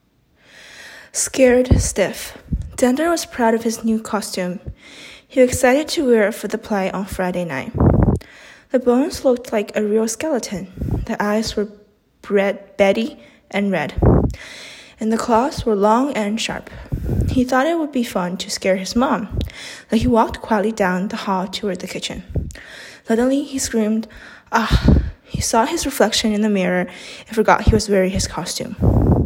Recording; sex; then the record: reading aloud after running; female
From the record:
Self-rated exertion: moderate exertion (3 of 6); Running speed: 5 miles an hour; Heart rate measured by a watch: 142 beats a minute at the start, 130 at the end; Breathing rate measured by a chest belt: 15 breaths a minute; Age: 18 years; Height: 171 cm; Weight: 75 kg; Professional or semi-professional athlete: no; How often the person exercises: 1 to 2 times a week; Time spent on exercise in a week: under 1 hour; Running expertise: no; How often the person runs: 1 to 2 times a week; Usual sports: running, fencing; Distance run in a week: 3 km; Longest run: 21.3 km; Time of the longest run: 190 minutes